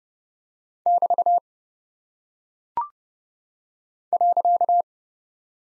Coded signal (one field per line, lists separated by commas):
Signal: Morse code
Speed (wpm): 30 wpm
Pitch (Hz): 700 Hz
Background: none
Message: <BT> .